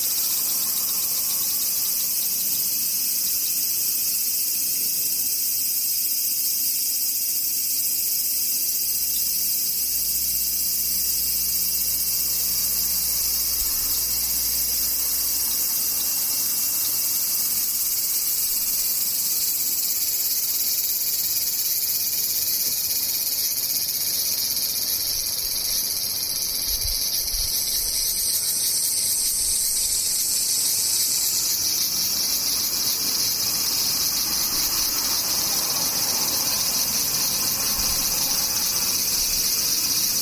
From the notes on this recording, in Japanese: セミ